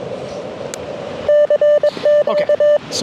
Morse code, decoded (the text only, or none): CTU